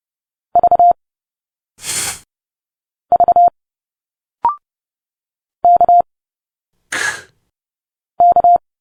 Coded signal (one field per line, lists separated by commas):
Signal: Morse code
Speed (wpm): 30 wpm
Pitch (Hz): 700 Hz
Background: none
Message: V V K K